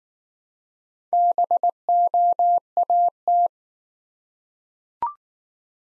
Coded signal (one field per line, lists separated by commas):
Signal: Morse code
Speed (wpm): 19 wpm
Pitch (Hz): 700 Hz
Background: none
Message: BOAT